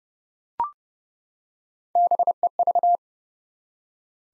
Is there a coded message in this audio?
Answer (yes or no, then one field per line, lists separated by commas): yes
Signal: Morse code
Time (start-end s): 2.0-3.0 s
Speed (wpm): 32 wpm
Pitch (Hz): 700 Hz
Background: none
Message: BEV